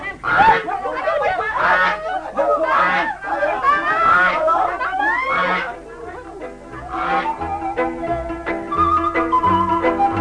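goose honking

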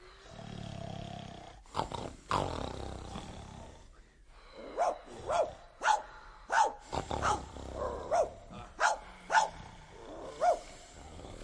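dog barking

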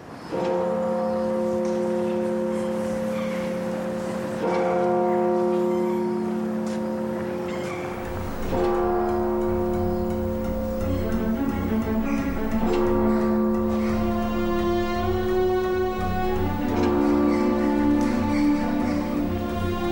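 church bells ringing

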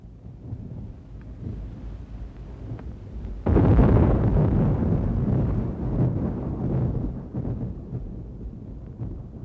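thunderstorm thunder

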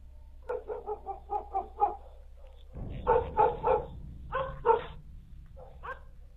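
dog barking loudly

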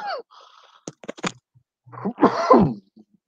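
coughing and throat clearing

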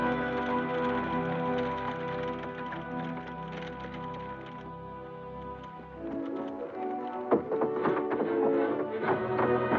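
horse hooves clip-clopping

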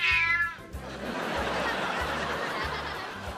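cat meowing

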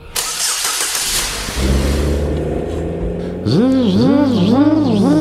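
car engine starting

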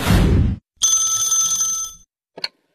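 telephone ringing

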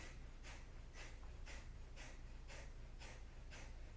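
rhythmic breathing exercise

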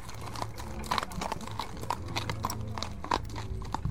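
horse hooves clip-clopping

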